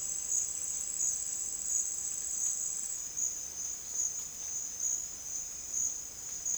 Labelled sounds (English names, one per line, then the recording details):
none
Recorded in secondary vegetation near Puerto Asís, Putumayo, Colombia, on 30 June 2025 at 12:00
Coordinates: 0.485, -76.322
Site GP06